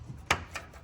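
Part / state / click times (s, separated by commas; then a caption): cap on trailer locking pin / seated / 0.3 s. A cap is pressed onto a trailer coupling locking pin after the slide is pushed, giving one sharp, bright click at 0.3 s. A fainter tick follows near 0.6 s. The cap is seated and locked on.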